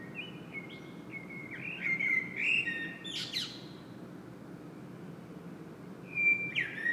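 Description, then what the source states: Common blackbird song, with a warbled fluty phrase and a scratchy high ending, then a brief pause before another whistled phrase starts. A soft noise bed sits underneath. Singing in Saint-Gilles, Belgium; Sony PCM-M10 internal microphone.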